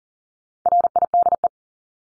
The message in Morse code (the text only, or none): RIDE